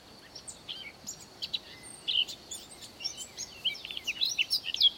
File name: Sylvia atricapilla